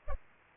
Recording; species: mosquito wingbeat signal from an infrared sensor; Culex pipiens